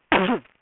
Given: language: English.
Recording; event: throat vibration sensor signal played as sound; cough